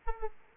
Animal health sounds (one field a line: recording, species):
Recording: mosquito wingbeat signal from an infrared sensor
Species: Aedes aegypti